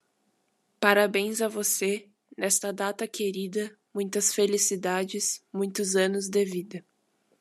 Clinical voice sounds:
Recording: short text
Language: Brazilian Portuguese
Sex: female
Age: 18 to 19 years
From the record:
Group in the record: control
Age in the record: 18 years

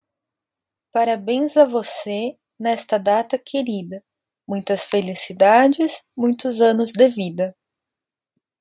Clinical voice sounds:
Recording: short text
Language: Brazilian Portuguese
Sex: female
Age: 30 to 39 years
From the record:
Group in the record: control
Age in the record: 33 years

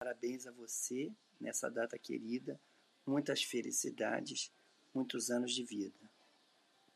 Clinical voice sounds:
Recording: short text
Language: Brazilian Portuguese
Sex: male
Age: 50 to 59 years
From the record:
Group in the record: control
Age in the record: 55 years

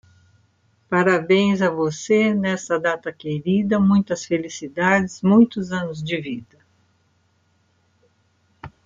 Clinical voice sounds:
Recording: short text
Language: Brazilian Portuguese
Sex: female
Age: 60 to 69 years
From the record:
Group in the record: control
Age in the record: 66 years

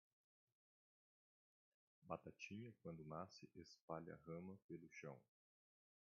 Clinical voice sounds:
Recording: short text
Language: Brazilian Portuguese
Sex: male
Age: 40 to 49 years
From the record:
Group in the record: control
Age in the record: 40 years

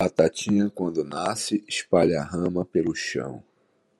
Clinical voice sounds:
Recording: short text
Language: Brazilian Portuguese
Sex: male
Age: 60 to 69 years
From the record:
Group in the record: control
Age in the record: 61 years

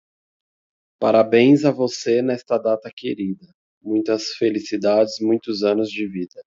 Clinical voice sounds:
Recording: short text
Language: Brazilian Portuguese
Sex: male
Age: 30 to 39 years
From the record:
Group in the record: control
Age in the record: 39 years

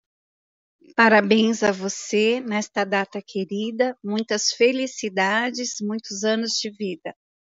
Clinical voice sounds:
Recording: short text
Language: Brazilian Portuguese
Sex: female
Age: 50 to 59 years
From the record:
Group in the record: control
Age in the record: 55 years

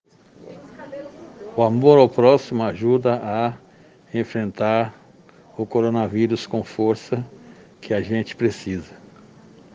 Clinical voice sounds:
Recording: spoken sentence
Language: Brazilian Portuguese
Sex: male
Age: 50 to 59 years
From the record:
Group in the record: respiratory insufficiency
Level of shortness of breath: 5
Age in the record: 59 years

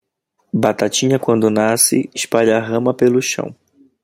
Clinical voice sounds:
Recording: short text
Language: Brazilian Portuguese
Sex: male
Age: 30 to 39 years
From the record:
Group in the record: control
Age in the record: 33 years

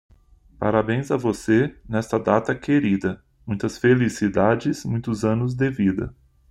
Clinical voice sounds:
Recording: short text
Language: Brazilian Portuguese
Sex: male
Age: 40 to 49 years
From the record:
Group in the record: control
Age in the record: 43 years

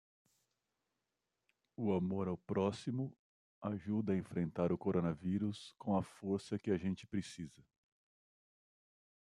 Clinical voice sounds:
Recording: spoken sentence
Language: Brazilian Portuguese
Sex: male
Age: 40 to 49 years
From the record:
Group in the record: control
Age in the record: 48 years

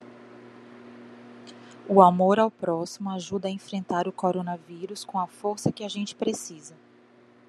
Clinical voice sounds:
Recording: spoken sentence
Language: Brazilian Portuguese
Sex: female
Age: 30 to 39 years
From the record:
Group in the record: control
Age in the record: 39 years

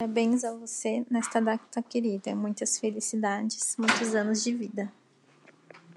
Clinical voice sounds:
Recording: short text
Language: Brazilian Portuguese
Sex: female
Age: 20 to 29 years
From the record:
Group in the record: control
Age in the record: 25 years

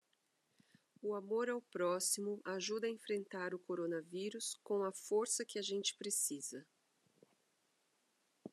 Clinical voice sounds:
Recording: spoken sentence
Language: Brazilian Portuguese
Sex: female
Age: 40 to 49 years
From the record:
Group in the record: control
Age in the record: 47 years

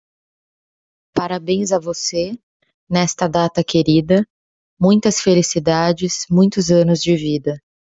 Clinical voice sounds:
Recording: short text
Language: Brazilian Portuguese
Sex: female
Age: 30 to 39 years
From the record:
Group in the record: control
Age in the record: 33 years

